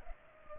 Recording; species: mosquito wingbeat signal from an infrared sensor; Culex pipiens